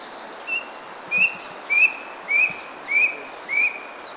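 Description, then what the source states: Brush cuckoo with a steady sequence of six short rising whistles, roughly one every 0.6 seconds, over faint background sounds. Recorded at Kitanglad, Philippines, in 2010.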